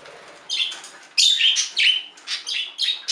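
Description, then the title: Budgerigar chirps, a quick series of bright squeaky notes with falling slides, about half a dozen in three seconds. "Budgie Sounds"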